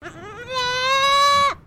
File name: GOAT BOER KID SMITHY BAA